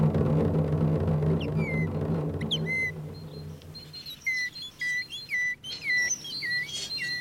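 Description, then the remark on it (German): A person whistles short, high, tit-like calls in a repeated two-note pattern, each note sliding down in pitch, rising out of a low rumbling hum that fades after the first few seconds. “Eine Meise?”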